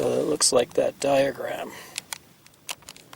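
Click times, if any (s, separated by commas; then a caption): 2.0 s, 2.1 s, 2.7 s. Someone talks, then plastic extender arms of a generator canopy frame are pushed into their sockets on each side. Sharp snaps are heard at 2.0, 2.1 and 2.7 seconds, followed by a few fainter ticks, as the arms snap into place in the frame brackets and are seated.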